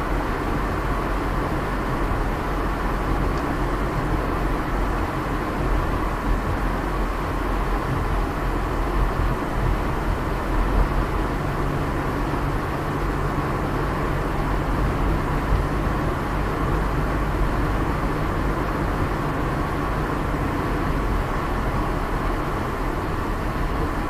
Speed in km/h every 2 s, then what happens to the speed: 51, 52, 50, 49, 47, 47, 47, 51, 51, 52, 52, 52.
0-24 steady at about 51.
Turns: none.